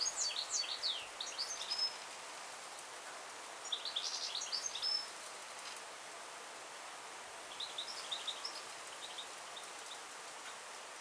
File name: Carduelis carduelis